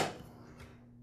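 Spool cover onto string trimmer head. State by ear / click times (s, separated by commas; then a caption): not seated / none. The plastic spool cover is pressed back onto the head of a Black and Decker CST1200 string trimmer, over the spool, after a new spool lever (part 806474-00) has gone in. A bright, broadband handling rustle at the start fades over the first fraction of a second into a faint low steady hum, with a soft brief scuff around 0.6 s. The cover has not snapped into place yet.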